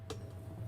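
A plastic Lego hinge or foundation piece that was not fully in is pushed home into the model, giving a short, sharp click at 0.1 s over a steady low hum. The piece is seated fully home, and it is then checked to be all the way up.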